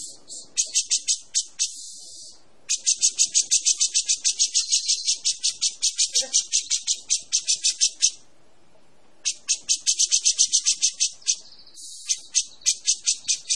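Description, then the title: Cucak jenggot song: long runs of rapid, rattling high notes in bursts, pausing briefly between phrases, with a faint lower note near the middle. Persistent, long song ('gacor panjang'). "Cucak Jenggot Gacor 4. Suara Burung Cucak Jenggot Gacor Panjang"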